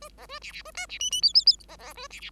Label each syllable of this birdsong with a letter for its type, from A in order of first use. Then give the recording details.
A B A C C A D C E E F F F B B A C C. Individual Bird5